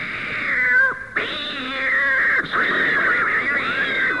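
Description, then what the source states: Cat yowling in a fight: harsh, wavering wails that bend up and down, broken by a short pause and a brief break, loud throughout. During a fight.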